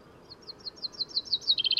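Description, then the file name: Common chaffinch song: a run of thin high notes that grows louder, breaking into a short, rattling double-noted trill at the end. "Fringilla coelebs"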